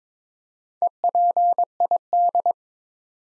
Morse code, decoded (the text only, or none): EPID